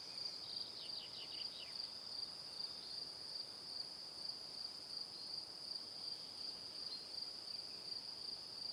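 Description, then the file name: High, even cricket chirping pulses on and on, with a quick series of downward-sliding notes early on. "Calm - Evening Crickets"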